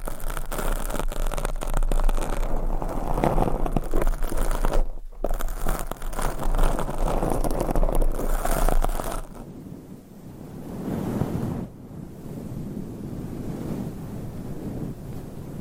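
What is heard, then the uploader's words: Mic scratching fills the first nine seconds with dense, rapid rustling and scraping, loud, with a low rumble underneath and a brief gap near five seconds. After that it turns softer and duller, a muffled, wave-like scraping with a short pause around twelve seconds. ASMR Mic Scratching - Brain Scratching with 10 Mics Asmr No Talking for Sleep with Long Nails.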